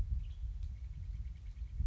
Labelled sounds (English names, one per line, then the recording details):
Western Tanager
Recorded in Sonoma County, California